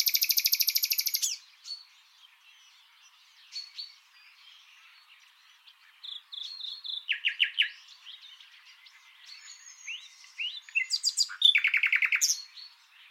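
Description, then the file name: Common nightingale song: an opening fast buzzing trill, then scattered quiet notes and short phrases, and later loud rapid rattling bursts of repeated notes. "Luscinia megarhynchos"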